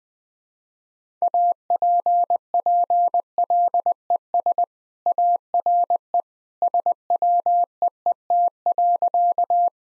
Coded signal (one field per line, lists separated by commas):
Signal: Morse code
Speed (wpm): 21 wpm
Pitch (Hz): 700 Hz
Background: none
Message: APPLES ARE SWEET.